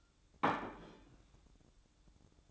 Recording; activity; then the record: daily activity, microphone in the room; place plate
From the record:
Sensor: 3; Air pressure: 1007.5 hPa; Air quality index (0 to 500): 57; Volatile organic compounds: 1 ppm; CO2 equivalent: 602 ppm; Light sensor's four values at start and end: 10/23/9/9 and 10/23/9/9